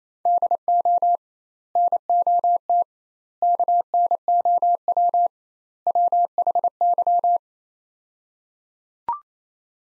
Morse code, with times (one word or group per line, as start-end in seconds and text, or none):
0.3-1.2 DO
1.8-2.8 NOT
3.4-5.3 KNOW
5.9-7.4 WHY